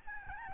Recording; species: mosquito wingbeat signal from an infrared sensor; Aedes albopictus